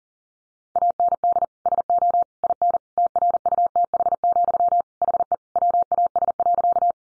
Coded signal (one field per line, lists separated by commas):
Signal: Morse code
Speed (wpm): 40 wpm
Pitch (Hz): 700 Hz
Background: none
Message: AND SO IN TRUTH, HE WAS.